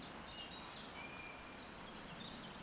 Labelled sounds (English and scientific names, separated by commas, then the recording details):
Eurasian Woodcock (Scolopax rusticola) whistle, Eurasian Woodcock (Scolopax rusticola) croak
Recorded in Baden-Württemberg, Germany, on 10 June 2021 at 19:52 UTC
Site 43323, 910 m above sea level